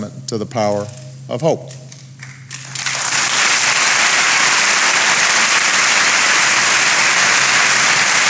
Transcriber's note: applause